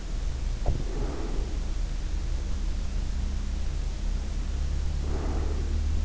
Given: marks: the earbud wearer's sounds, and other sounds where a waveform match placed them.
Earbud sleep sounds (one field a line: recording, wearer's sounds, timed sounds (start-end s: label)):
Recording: sounds in sleep by an in-ear microphone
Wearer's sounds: breath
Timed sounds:
0.25-1.80 s: breath
4.81-6.05 s: breath